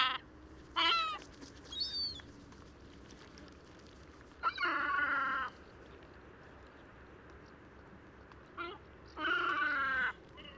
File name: Yellow Legged Gull Calls Of A Juvenile